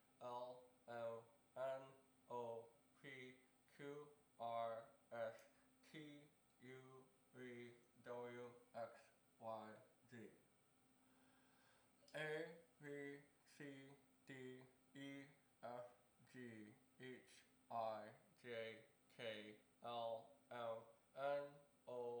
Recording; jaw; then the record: letters of the alphabet, spoken; constrained by a bite bar between the teeth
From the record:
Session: first day, right after the free take